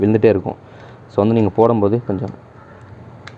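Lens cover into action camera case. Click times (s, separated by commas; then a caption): 3.3 s. A removable lens cover is fitted onto a plastic Ulanzi case for a GoPro Hero 5 and turned to lock it, since a damaged cover will not lock and keeps falling off. Someone talks through most of the clip, then a sharp, short click sounds at 3.3 s as the lens cover locks onto the case.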